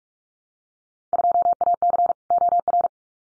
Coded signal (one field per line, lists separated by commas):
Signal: Morse code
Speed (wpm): 44 wpm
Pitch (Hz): 700 Hz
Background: none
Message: 2AC OR